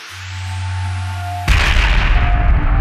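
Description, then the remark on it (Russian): A low humming drone with a rising whine builds for over a second, then a sudden loud explosion bursts in and rolls on as a dense, crackling rumble. “Огонь без четвертого па — это взрыв!”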